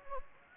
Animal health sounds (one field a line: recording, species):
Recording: mosquito wingbeat signal from an infrared sensor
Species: Anopheles gambiae